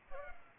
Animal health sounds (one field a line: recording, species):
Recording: mosquito wingbeat signal from an infrared sensor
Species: Culex pipiens